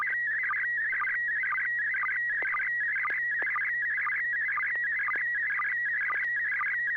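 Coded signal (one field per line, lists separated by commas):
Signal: SSTV (slow-scan television)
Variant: PD120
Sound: warbling, chirping tone with steady whistles and regular short low sync blips, continuous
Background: low hum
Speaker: let me do a quick tone test [Music] the floor is yours here we go pd120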